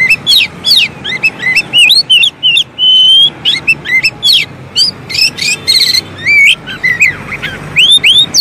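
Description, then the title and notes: Oriental magpie-robin song, a rapid varied run of loud whistled upslurs and sweeping notes, with short buzzy and clicking bursts, over a low background hum. Long-duration 'isian' (training) song meant to make magpie-robins sing vigorously ('gacor') day and night. "Kacer Jadi Gacor Siang Malam. Isian Kacer Durasi Panjang"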